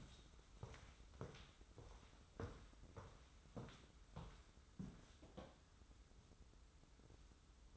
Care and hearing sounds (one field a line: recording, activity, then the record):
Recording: daily activity, microphone in the room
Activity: walk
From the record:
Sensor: 3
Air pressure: 994.4 hPa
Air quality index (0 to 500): 201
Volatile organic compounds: 1000 ppm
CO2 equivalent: 6665 ppm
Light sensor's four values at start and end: 85/191/80/74 and 111/259/106/99